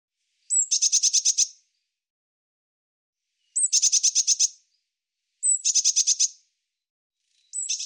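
Bird song: a high, rattling trill of about eight notes, repeated every two to three seconds, four phrases in all, with nothing else audible.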